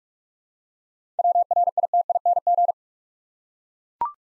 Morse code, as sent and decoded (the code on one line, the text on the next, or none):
.-- .-. .. - .. -. --.
WRITING